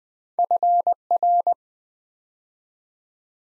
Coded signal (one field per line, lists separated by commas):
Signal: Morse code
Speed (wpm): 20 wpm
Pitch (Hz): 700 Hz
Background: none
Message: FR